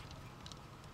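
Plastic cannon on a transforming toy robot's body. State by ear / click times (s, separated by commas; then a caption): not seated / none. During a transforming toy robot's conversion to tank mode, the plastic cannon on its body is handled and pushed downward, giving two brief, sharp ticks at about 0.5 s over a steady low background hum. Nothing has seated or clicked yet; the cannon is not yet home when the clip ends.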